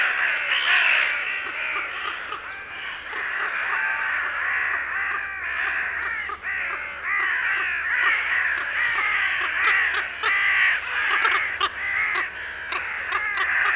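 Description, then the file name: Carrion crow calls, dense overlapping harsh caws from many birds, continuous with scattered sharper notes. "Corvus corone"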